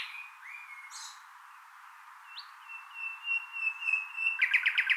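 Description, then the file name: Common nightingale song: soft scattered notes, a long pure whistle swelling gradually louder, ending in a burst of fast repeated chirps. "Luscinia megarhynchos"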